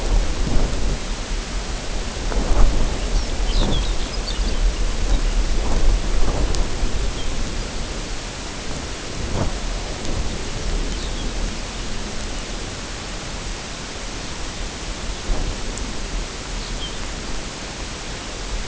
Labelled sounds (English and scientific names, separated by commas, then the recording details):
Lapland Longspur (Calcarius lapponicus)
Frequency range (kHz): Lapland Longspur (Calcarius lapponicus) 2.5-6.5 kHz
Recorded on Arctic tundra, site UTQI-0, on 14 June 2019
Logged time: 16:00